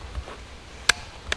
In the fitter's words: It's nice billet machined inside and it makes a very positive click when you lock it or close it rather.